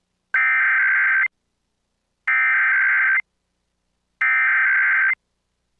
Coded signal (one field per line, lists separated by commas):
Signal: Emergency Alert System (SAME) tones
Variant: header bursts